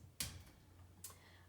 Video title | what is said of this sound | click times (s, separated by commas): 6 Tier Wire Shelving Unit by Steupoek | these just snap into place | 0.2 s, 1.0 s